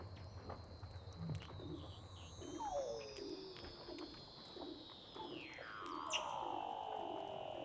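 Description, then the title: Weddell seal underwater calls: long descending whistles, one sweeping sharply down near the end, with pulsing low notes and clicks. "Douglas Quin - Weddell Seals (Underwater)"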